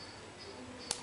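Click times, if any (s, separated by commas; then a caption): 0.9 s. A custom silicone prosthetic liner's suction seal, loaded into a prosthetic socket as the wearer stands, moves into the up position and snaps into place. A short, sharp snap sounds at 0.9 s over a quiet, steady background. The seal is confirmed seated.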